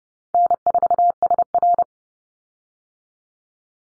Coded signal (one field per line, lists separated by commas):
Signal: Morse code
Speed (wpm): 30 wpm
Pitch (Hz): 700 Hz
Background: none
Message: N4SR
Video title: Easy Call Signs Repeated 3x 30wpm